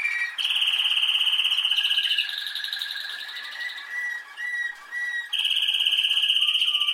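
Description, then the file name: Canary song of loud, ringing trills, a long rattling tour, softer lower notes, then the bright trill again. "Canary Voice"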